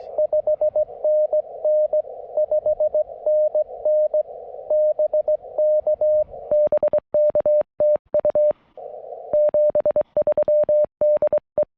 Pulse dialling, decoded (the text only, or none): none